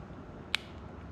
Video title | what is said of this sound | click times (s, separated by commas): Better than factory new! Diesel dually mini truck cab and chassis: many problems fixed. | there. Locks in place. | 0.5 s